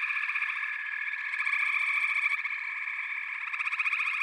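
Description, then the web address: Frog chorus: overlapping rapid trills blend into a continuous high rattle, with individual pulsed calls rising and fading. "The Natural Sounds of the Wilderness 10 CDs collection Echoes of Nature - Frog Chorus"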